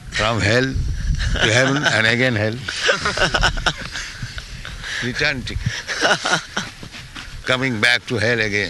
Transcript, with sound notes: From hell to heaven, and again hell. [laughter] Return ticket---coming back to hell again,